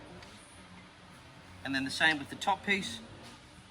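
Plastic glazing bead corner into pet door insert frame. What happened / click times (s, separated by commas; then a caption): Part handled but not yet seated; no seating click heard / none. The top plastic glazing bead piece is handled at the corner of a pet door insert frame after the glass has been replaced, before it is pressed into place. Someone talks over a low steady background hum. Nothing has seated or clicked yet.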